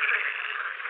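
Pool frog giving a steady buzzing croak that holds at an even level throughout.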